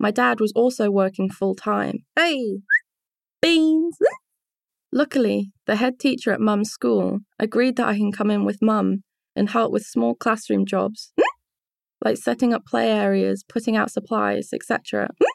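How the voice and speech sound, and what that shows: Fluent, clearly read narration by a young woman breaks off twice for sudden loud exclamations, "Hey!" and "Beans!", each set apart by pauses and unrelated to the text. These involuntary interjections are vocal tics of Tourette syndrome.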